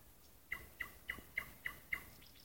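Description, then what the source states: Nightingale song: a faint series of six short, sharp notes in quick succession, over a low background hiss. Song heard at night in a park.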